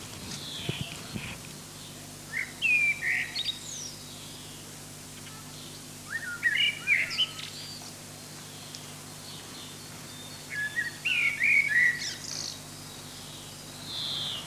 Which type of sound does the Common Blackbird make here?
song